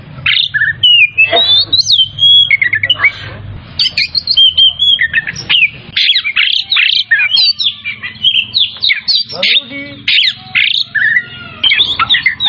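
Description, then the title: Oriental magpie-robin delivering a vigorous medley of whistles, harsh chatters and rapid trills, nearly nonstop. Tretes type, singing vigorously (gacor). "Kacer Tretes Gacor"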